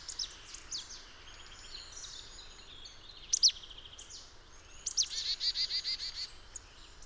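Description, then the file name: Marsh tit calls: scattered high, thin notes, then a quick run of several even notes near the end, over faint background hiss. "Poecile palustris"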